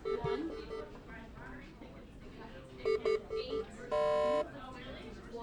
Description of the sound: The beeping of monitors has become the ever-present audio wallpaper of hospital units. Medical devices monitoring patients send off alerts when something is not quite right. Heart rate is off, beep, pulse is low, beep, beep, ventilator seems to be malfunctioning, another alarm.